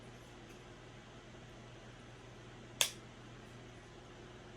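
A wooden cut-out piece of a Millennium Force roller coaster model is pressed into its slot on another wooden part, over a steady low background hum. A single sharp snap sounds at 2.8 s as the piece seats in place.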